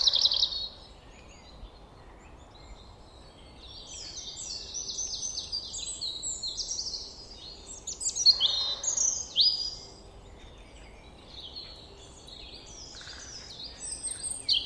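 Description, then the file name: European robin singing bursts of high, sparkling, jumbled notes, with a louder fast twittering phrase in the middle and more thin warbles later; low background hiss. "Erithacus rubecula"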